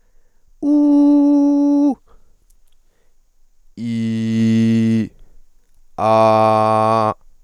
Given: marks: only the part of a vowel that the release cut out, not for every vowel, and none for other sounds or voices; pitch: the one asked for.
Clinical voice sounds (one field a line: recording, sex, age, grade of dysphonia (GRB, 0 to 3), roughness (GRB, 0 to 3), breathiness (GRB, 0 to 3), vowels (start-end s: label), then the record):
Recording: sustained vowels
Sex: male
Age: 20 to 29 years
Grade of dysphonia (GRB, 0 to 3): 0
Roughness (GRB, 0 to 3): 0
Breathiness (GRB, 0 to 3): 0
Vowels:
0.70-1.87 s: vowel /u/, high pitch
3.85-5.00 s: vowel /i/, low pitch
6.06-7.06 s: vowel /a/, low pitch
From the record:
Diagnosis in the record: healthy voice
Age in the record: 23 years